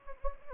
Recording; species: mosquito wingbeat signal from an infrared sensor; Anopheles gambiae